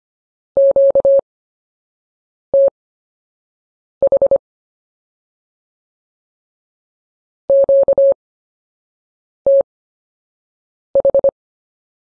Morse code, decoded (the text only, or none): QTH QTH